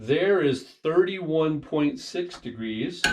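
The miter table of a Milwaukee 2733-20 7 1/4" M18 miter saw is being handled and rotated toward its next preset angle stop on the saw base while someone talks. Only speech and faint handling sounds are heard, and nothing has seated or clicked into the detent yet.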